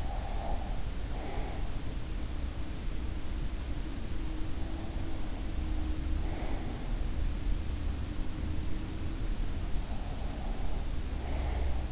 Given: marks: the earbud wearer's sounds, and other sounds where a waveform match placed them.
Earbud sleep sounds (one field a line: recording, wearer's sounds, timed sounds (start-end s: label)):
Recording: sounds in sleep by an in-ear microphone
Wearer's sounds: breath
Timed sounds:
0.00-1.74 s: breath
6.20-6.79 s: breath
9.85-11.92 s: breath